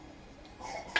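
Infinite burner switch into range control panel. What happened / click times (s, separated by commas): The switch snapped back into its mounting / 1.0 s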